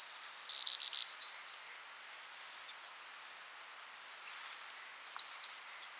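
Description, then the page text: Rufous-vented yuhina calls, brisk clusters of high, sharp twittering notes, with faint thin buzzy notes in between and a quiet background. "Rufous-Vented Yuhina Calls. Quick Sounds"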